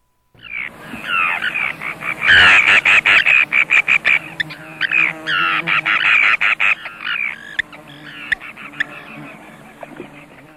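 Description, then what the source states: Forster's Tern giving a rapid run of harsh, chopped notes mixed with dry clipped calls. Often chops its call into a series of cuck-cuck notes interspersed with dry kip-kips.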